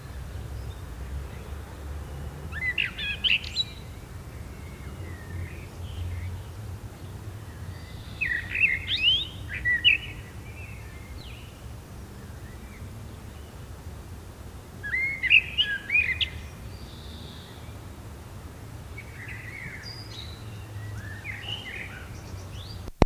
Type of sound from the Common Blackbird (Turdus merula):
song